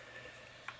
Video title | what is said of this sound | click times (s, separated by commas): Checking Out the DJI Osmo Mobile 3 Gimbal - Combo Edition | okay so it comes up like this kind of clicks into place | 0.7 s